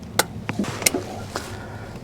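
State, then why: Seated. A plastic side wiring harness connector is pressed onto the VTEC spool valve area of a 2003–2007 Honda Accord engine, producing sharp clicks at about 0.2 s and 0.9 s, with a few fainter ticks in between. The connector seats and clicks into place because it was already lined up.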